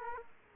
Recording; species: mosquito wingbeat signal from an infrared sensor; Aedes aegypti